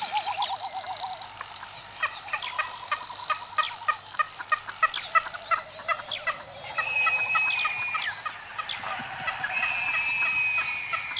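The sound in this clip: Frigatebird calls: rapid clattering bursts of clicks and chatter with a warbling low note at the start, then long whistles later.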